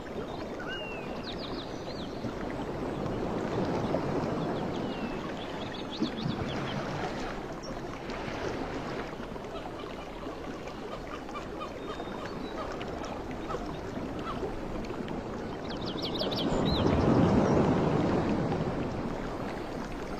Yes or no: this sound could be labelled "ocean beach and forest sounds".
yes